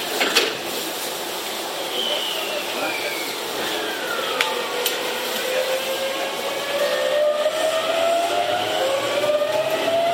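A Tokyu 7700 series train running between Kamata and Gotanda, with a steady rolling rumble and hiss throughout. A tone slides downward early on, then the motor whine climbs steadily in pitch as the train speeds up. Sharp clicks sound near the start and around five seconds.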